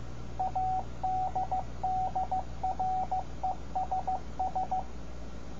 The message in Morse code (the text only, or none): ADDRESS